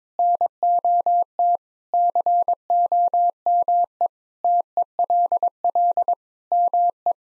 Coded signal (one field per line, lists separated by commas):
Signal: Morse code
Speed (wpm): 22 wpm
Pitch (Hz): 700 Hz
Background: none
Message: NOT COME TELL ME